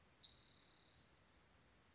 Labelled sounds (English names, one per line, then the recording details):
Spotted Towhee
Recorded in Sonoma County, California